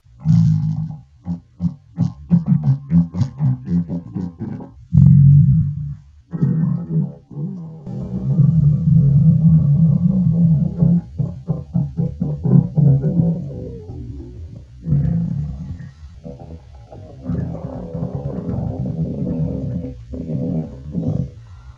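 Low, rumbling hunger growls from an adult's own stomach, coming in irregular bursts of gurgling and drawn-out groans, with almost all the sound energy at the low end.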